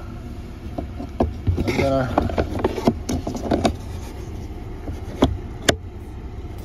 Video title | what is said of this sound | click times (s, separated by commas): GS300/GS350 Cabin Filter Change & Disinfect Musty Odors | that back in and then down until you heard that snap. Okay, | 5.7 s